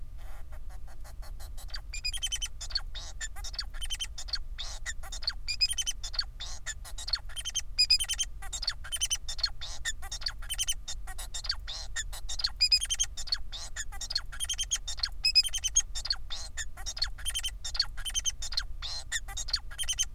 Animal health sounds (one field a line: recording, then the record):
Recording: song of a male Bengalese finch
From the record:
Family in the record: son of father 4